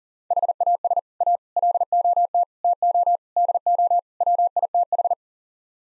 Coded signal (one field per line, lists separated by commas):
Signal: Morse code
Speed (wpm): 40 wpm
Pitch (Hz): 700 Hz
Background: none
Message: HAS A LOT TO DO WITH